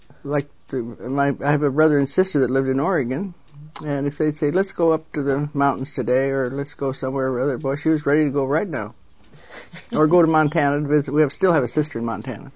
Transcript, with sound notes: like, my - I have brother and sister that lived in Oregon, and if they'd say let's go up to the mountains today, or let's go somewhere or other, boy she was ready to go right now! (Laughs) Or go to Montana and visit - we still have a sister in Montana.